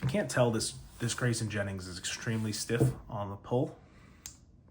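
Someone talks while handling a stiff-spring slipjoint pocket knife, working its blade against the backspring in the handle. Speech fills most of the clip and then trails into quiet handling. The blade has not yet snapped into position, and nothing has seated or clicked yet.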